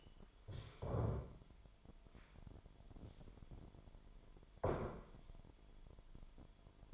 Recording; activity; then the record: daily activity, microphone in the room; stand up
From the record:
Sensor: 5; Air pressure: 998.7 hPa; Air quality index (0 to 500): 94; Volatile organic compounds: 2 ppm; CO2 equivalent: 1075 ppm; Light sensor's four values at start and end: 31/74/31/35 and 31/74/31/35